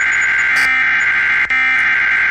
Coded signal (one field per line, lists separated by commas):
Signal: Emergency Alert System (SAME) tones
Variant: header bursts